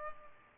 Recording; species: mosquito wingbeat signal from an infrared sensor; Culex pipiens